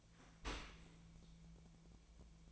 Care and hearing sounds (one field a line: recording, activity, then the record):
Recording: daily activity, microphone in the room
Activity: open dishwasher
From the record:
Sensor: 1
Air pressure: 1000.5 hPa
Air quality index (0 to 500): 182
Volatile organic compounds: 4 ppm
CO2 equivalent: 1678 ppm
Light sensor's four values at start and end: 10/25/10/12 and 10/25/10/12